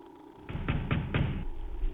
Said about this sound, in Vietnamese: Sau một khoảng thời gian chờ đợi ngắn ngủi, tiếng đập cửa dồn dập vang lên.